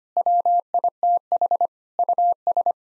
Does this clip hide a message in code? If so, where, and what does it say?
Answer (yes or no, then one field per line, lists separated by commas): yes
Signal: Morse code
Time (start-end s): 0.2-2.7 s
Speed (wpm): 25 wpm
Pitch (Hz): 700 Hz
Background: none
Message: WITH US